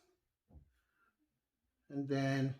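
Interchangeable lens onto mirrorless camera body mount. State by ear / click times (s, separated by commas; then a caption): not seated / none. An interchangeable lens is held against the mount of a Canon EOS M50 mirrorless camera body, with its dot lined up to the body, and twisted. A faint low handling thump comes around 0.5 s, then someone talks from about 1.9 s to the end. Nothing has clicked or seated yet.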